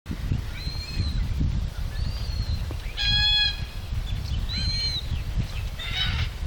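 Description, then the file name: Red-tailed black cockatoo calling repeatedly with rasping, ringing harmonic calls, several spread throughout, above constant low-pitched background noise. "red tailed black cockatoo calyptorhynchus banksii"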